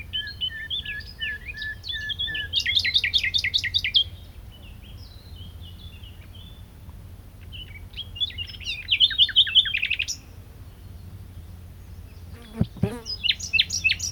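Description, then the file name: Common nightingale singing loud rapid note series in two bursts separated by quieter chirps, then a final rush of high notes. "Luscinia megarhynchos"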